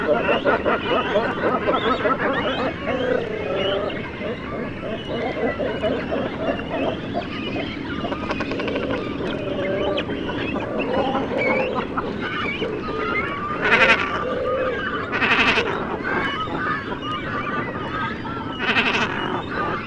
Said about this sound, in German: In die rhythmisch wiederholten, heiseren Rufe der Nestlinge mischen sich die tiefen Stimmen der Alten, die sich mit kehligen Rufreihen und knarrenden Lauten hören lassen.